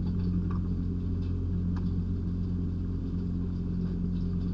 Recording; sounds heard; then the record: poultry house recording; sick chickens (respiratory disease)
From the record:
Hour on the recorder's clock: 3